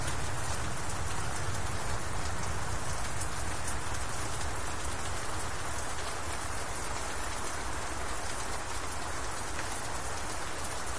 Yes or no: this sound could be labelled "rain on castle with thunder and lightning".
yes